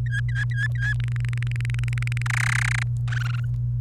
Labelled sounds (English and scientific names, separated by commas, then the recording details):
Domestic Canary (Serinus canaria) song
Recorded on 29 April 2018 at 08:53
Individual llb3